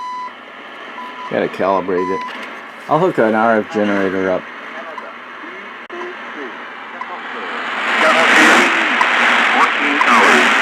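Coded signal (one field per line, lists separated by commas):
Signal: radio time signal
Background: speech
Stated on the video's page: Heard on a GRC-14 military receiver tuning 2 to 32 MHz, with CW, AM and FSK modes.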